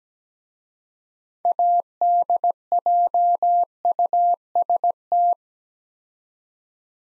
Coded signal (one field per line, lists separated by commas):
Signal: Morse code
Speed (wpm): 17 wpm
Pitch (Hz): 700 Hz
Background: none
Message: ADJUST